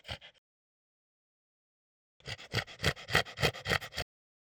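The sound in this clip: French Bulldog giving a few brief wheezy gasps, then a pause, then a quick series of harsh panting breaths.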